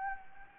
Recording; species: mosquito wingbeat signal from an infrared sensor; Anopheles gambiae